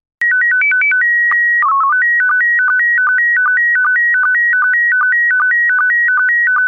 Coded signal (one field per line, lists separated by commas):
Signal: SSTV (slow-scan television)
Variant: PD 50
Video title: Slow Scan Radio, 31 October 2018, Ep. 13